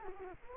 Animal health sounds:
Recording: mosquito wingbeat signal from an infrared sensor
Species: Culex quinquefasciatus

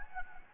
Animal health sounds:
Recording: mosquito wingbeat signal from an infrared sensor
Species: Anopheles gambiae

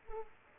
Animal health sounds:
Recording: mosquito wingbeat signal from an infrared sensor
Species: Culex pipiens

